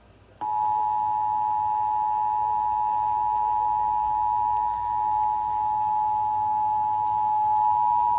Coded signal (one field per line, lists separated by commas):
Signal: Emergency Alert System (SAME) tones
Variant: 853 and 960 Hz attention tone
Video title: eas#22 tornado warning